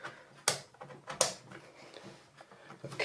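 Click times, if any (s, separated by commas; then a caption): 0.5 s, 1.2 s. A Corsair Vengeance RGB Pro DDR memory stick, oriented by its notch, is pushed down into a motherboard DIMM slot. Two sharp clicks ring out at 0.5 s and 1.2 s, with softer handling noises between them and after. The stick is seated and confirmed in.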